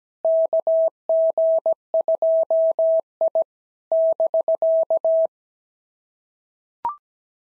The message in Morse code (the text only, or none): KG2I <BK>